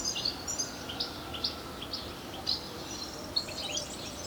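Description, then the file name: European Goldfinch calls: short, thin chirps spaced about half a second apart, ending in a brief twittery cluster, over steady hissing background noise. "Carduelis carduelis"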